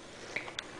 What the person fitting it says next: you heard a little click I hope that means that it's all the way in